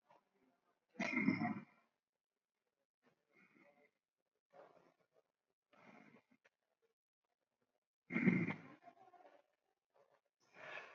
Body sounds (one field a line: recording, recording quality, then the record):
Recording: shallow breathing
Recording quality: moderate, slight background noise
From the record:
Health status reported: COVID-19 positive, moderate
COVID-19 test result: positive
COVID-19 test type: RT-PCR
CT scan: taken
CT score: 11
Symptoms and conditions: cough, cold, breathing difficulty, sore throat, loss of smell and taste, diarrhoea, hypertension, diabetes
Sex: male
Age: 77 years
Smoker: no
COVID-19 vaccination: both doses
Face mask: worn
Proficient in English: yes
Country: India